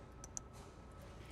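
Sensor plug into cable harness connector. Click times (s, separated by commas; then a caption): 0.2 s, 0.4 s. A sensor plug with a rubber seal is pushed into its cable harness's sealed multi-pin connector, which has two tabs that should each click and pop out. Two sharp clicks sound in quick succession at 0.2 s and 0.4 s, the second louder, over a quiet background. The connector is seated and latched.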